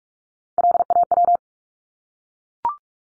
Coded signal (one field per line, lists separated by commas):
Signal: Morse code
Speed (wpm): 44 wpm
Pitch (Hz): 700 Hz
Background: none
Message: LAW